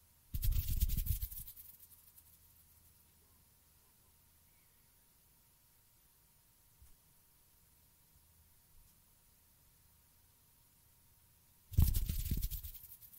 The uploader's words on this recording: ASMR Finger Fluttering With Anticipatory Trigger And Hand Sounds (No Talking).